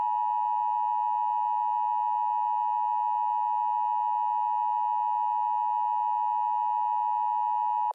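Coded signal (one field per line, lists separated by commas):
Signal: Emergency Alert System (SAME) tones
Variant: 853 and 960 Hz attention tone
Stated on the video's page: Fictional short EAS scenario.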